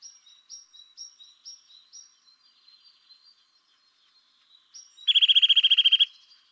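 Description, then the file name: Eurasian nuthatch calls: a run of thin high repeated notes that fade away, a short pause, then a loud, rapid, rattling trill near the end. "Sitta europaea"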